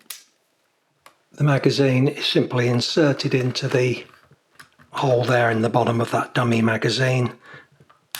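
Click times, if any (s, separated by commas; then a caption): 8.2 s. Someone talks while a stick magazine is pushed up into the pistol grip of a Gamo MP-9 CO2 air pistol, with a few faint light clicks along the way. At 8.2 s a sharp click is heard as the magazine latches home and is seated.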